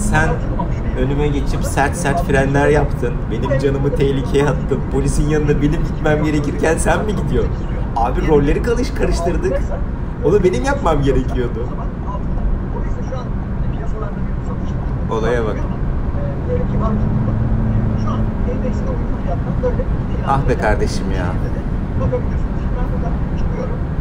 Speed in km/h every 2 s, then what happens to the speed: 126, 126, 126, 125, 120, 120, 123, 128, 133, 138, 135, 133.
0-10 slows to 120. 10-17 speeds up to 138.